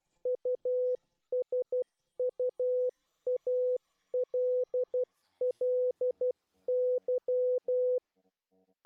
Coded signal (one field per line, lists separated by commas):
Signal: Morse code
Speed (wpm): 12 wpm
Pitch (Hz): 500 Hz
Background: none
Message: USUALLY